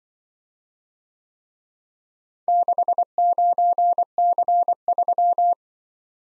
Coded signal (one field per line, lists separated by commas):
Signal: Morse code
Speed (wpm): 23 wpm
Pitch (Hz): 700 Hz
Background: none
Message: 69C3